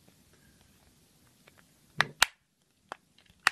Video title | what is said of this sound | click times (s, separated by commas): Dragon Calavera Sunglasses, How to replace the Lenses | walking thumbs around to make sure it's clicked into place | 2.0 s, 2.2 s, 3.5 s